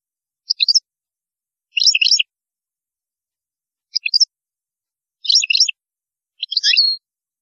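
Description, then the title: European goldfinch twittering in five short chirpy bursts separated by pauses. "Chant Chardonneret"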